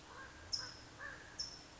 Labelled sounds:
California Towhee (Melozone crissalis)

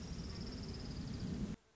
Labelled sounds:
Orange-crowned Warbler (Leiothlypis celata)

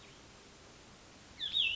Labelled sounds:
Cassin's Vireo (Vireo cassinii)

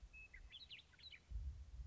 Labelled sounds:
Western Meadowlark (Sturnella neglecta)

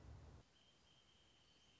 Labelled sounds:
Wrentit (Chamaea fasciata)

